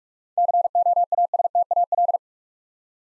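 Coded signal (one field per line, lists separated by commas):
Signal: Morse code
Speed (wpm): 44 wpm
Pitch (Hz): 700 Hz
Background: none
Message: COASTAL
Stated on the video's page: Morse drill of 7-letter words at 45 wpm, with the first three letters spoken beforehand.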